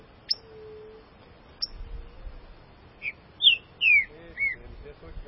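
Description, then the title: Green-winged saltator phrase of a few loud, slurred whistled notes in the second half, preceded by two sharp clicks and a faint low tone. "Trinca Ferro"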